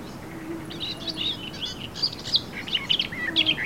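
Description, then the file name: Eurasian blackcap song: a brief, rapid warble of high chattering notes with a few clearer whistles, over a faint low hum. "Sylvia atricapilla"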